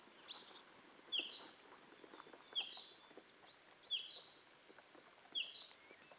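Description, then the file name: Common chaffinch calls: short, sharp notes repeated every second or so over faint background ticking. "Fringilla coelebs"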